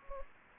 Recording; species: mosquito wingbeat signal from an infrared sensor; Anopheles gambiae